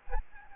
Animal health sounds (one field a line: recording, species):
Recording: mosquito wingbeat signal from an infrared sensor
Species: Aedes albopictus